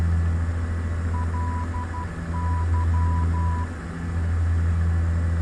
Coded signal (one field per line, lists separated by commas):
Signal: Morse code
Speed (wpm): 12 wpm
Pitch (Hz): 990 Hz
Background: none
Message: LY